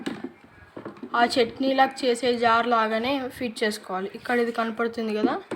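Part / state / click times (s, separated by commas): milkshake jar onto mixer motor base / not seated / none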